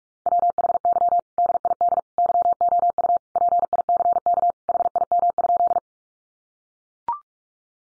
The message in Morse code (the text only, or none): WHY DID YOU PICK HIM?